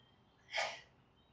Sound sneeze homemade.